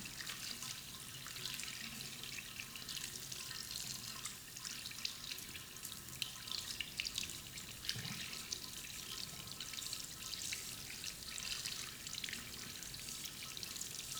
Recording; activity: daily activity, guitar pickup as the sensor; wash hands